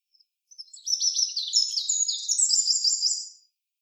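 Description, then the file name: Eurasian wren song, a loud, fast, high outpouring of trills and ringing notes lasting about three seconds. "Troglodytes troglodytes"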